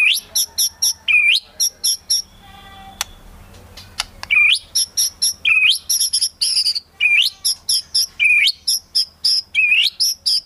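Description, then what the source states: White-rumped shama song: loud, rich whistled phrases with sharp rising notes, repeated in quick bursts, with a quieter break of faint clicks around the third second. Lure used for trapping birds.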